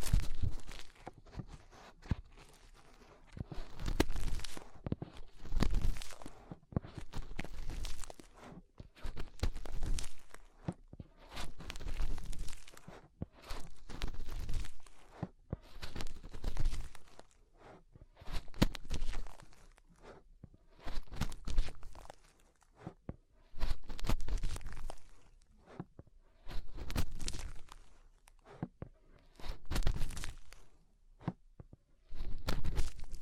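Fingers rub and scratch inside an ear in repeated crunchy bursts, each a second or two long, separated by brief quiet pauses throughout.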